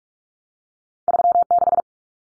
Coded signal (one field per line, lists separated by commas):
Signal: Morse code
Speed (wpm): 44 wpm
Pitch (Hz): 700 Hz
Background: none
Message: 36